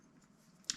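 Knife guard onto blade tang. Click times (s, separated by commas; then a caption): 0.7 s. The brass guard of a Casström puukko knife kit is pushed down with some force over the blade tang. After a quiet stretch with only a faint low background hum and a small tick near 0.6 s, a sharp, short, bright hit sounds at 0.7 s. The guard is seated and fixed in place.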